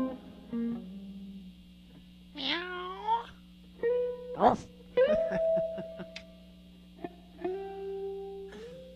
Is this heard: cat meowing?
yes